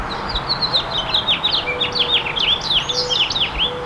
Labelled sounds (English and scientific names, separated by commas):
House Finch (Haemorhous mexicanus) song